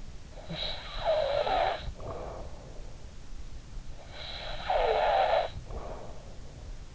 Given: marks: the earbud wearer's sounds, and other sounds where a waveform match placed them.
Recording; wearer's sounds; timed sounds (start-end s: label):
sounds in sleep by an in-ear microphone; snoring breath
0.35-2.91 s: snoring breath
3.99-6.33 s: snoring breath